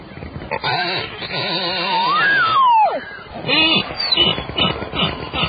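Beluga whale whistles and squeals: a clear rising then falling whistle near the middle, surrounded by buzzy pulsed, harmonic squeals and short chirps.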